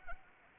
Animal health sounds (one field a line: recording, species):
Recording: mosquito wingbeat signal from an infrared sensor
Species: Anopheles arabiensis